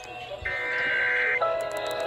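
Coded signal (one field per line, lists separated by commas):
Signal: Emergency Alert System (SAME) tones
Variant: header bursts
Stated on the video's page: Compilation of monthly tests and weather alerts with added sound effects.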